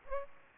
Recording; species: mosquito wingbeat signal from an infrared sensor; Aedes aegypti